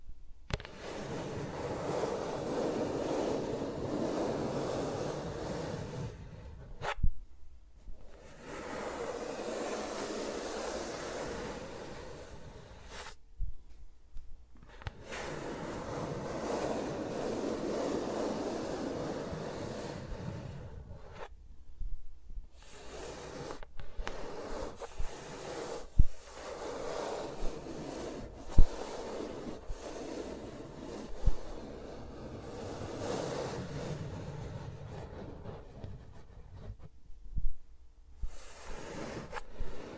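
ASMR sounds of fingers moving around microphones, with no talking. Long stretches of dense, rushing rubbing and brushing alternate with sudden near-silent gaps, first roughly every six seconds, then broken into shorter bursts with sharp taps and clicks after about 22 seconds.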